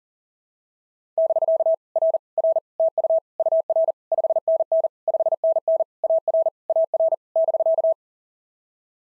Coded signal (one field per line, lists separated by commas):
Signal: Morse code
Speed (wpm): 40 wpm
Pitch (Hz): 650 Hz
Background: none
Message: <BK> R R TU UR 5NN 5NN AR AR <BK>